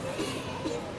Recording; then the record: coughing mixed with background sound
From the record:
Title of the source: 55 gaggy wet cough